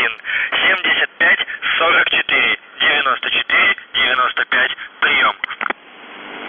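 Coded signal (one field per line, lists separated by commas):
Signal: coded military voice message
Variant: UVB-76, Russian voice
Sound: a single voice reading short words over a narrow radio channel, no buzzing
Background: radio static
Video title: The Buzzer/UVB-76(4625Khz) June 21, 2021 08:06UTC Voice message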